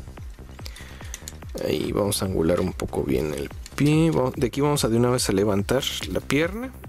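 A plastic Transformers Masterpiece MP-19 Smokescreen action figure is handled during transformation while someone talks, with a few small clicks and taps of handling in the first 1.5 seconds and music-like tones beneath the speech. The foot is angled and the leg is about to be raised toward its notch, but nothing has seated or clicked into place yet.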